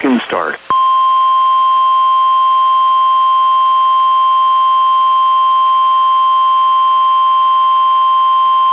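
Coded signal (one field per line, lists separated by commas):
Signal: Emergency Alert System (SAME) tones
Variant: 1050 Hz attention tone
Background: speech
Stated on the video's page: Weekly NWS Spokane 1050 Hz attention tone test relayed by NOAA Weather Radio station WXM48, recorded from a Reecom R-1630 weather radio to a Zoom H1.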